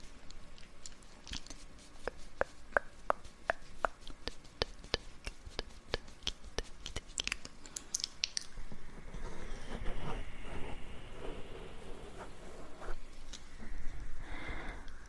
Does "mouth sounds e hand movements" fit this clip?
yes